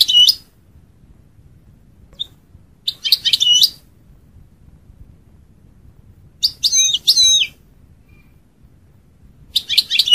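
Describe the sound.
European goldfinch, short clusters of sharp twittering chirps repeated every three seconds or so, with silence between.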